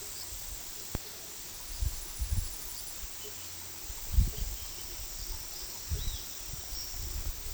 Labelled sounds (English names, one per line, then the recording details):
Roadside Hawk
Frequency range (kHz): Roadside Hawk 3.0-4.4 kHz
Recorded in pastures near Puerto Asís, Putumayo, Colombia, on 18 February 2024 at 10:30
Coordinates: 0.468, -76.328
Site G6414